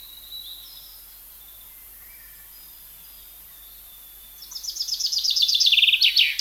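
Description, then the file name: Common chaffinch song starting after a quiet stretch with faint bird notes, a rapid descending trill of bright notes that is cut off at the end. "Fringilla coelebs"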